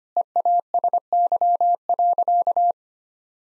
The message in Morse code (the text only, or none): EASY.